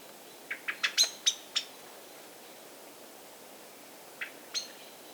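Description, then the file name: Common blackbird chattering calls, a quick run of six clicking notes, then two more a few seconds later. "Turdus merula"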